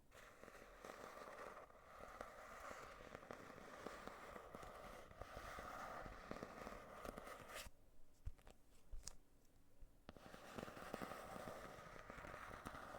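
Dense scratching on a hard surface rasps steadily with crackly clicks, pausing briefly around eight to ten seconds before resuming.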